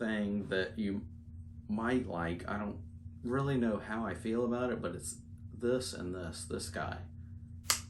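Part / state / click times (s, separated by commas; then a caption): pistol with weapon light into retention holster / seated / 7.7 s. An SD9VE pistol with a light attached is pushed into a molded plastic retention holster while someone talks. The retention mechanism snaps shut with a sharp click at 7.7 s, and the pistol is locked in place.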